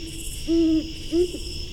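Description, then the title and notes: Great horned owl with two deep hoots, a longer one followed by a shorter one, against continuous high-pitched insect trilling. Possibly female, calling from forest in Laurel, Maryland, USA, September 8, 2015, 8:18pm, about 80 degrees; recorded with Fostex FR-2 recorder, Sennheiser ME-62 microphone and parabolic reflector. "Great Horned Owl (female?). Great Horned Owl calling from forest. Laurel, MD on September 8, 2015 at 8:18pm"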